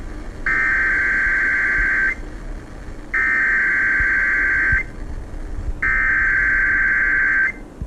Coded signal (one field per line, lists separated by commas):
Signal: Emergency Alert System (SAME) tones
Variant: header bursts